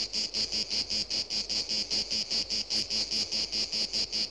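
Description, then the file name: Cicada song: steady, high, rasping pulses in a rapid, even rhythm, holding the same loudness throughout. "Animal Cicadas"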